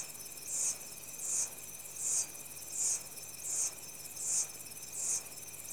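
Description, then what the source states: Insects calling rhythmically, bright high bursts pulsing about eighty times a minute over a thin steady buzz. Insects in tropical rainforest, Central African Republic, early evening.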